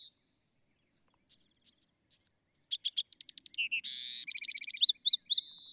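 Bewick's wren song: a thin repeated whistled note, a few high chips, then a rapid ringing trill, a rough buzz, and a fast bright trill ending in a whistle.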